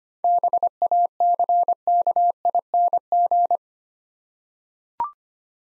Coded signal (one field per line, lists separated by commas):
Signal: Morse code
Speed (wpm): 25 wpm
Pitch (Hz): 700 Hz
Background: none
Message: BACKING